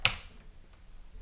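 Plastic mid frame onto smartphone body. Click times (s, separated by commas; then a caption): 0.0 s. A plastic mid frame is pressed down onto the body of a Samsung Galaxy Note 4 smartphone. A loud, sharp snap at 0.1 s shows the frame seating into place, followed by a faint tick around 0.7 s and quiet background. No one talks.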